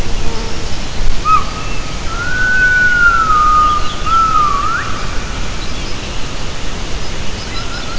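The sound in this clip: Gibbon call: a pure whistled tone that wavers gently up and down for a few seconds, then ends in a short upward flick, over a low rushing, water-like roar.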